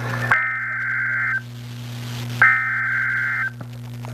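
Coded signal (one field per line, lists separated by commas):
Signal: Emergency Alert System (SAME) tones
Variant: header bursts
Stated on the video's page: Real tornado warning alert.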